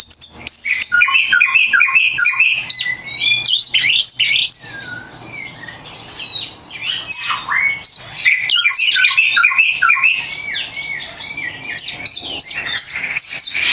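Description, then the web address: Long, varied magpie-robin song: fluty slurs, downward whistles and raspy chatters tumble together, briefly easing midway before resuming at full volume. Champion (juara) song, used as masteran tutor song. "kacer juara. masteran kacer"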